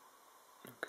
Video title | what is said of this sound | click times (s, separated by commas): Ma commande brick for kids 2 | ça s'emboîte. Voilà, c'est magnifique. | 0.8 s